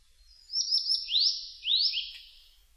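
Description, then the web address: Blue-and-white flycatcher song, a short phrase of high, sweet, slurred whistles; background otherwise quiet. Recorded 25 June 2006. "2006 060625 ooruri"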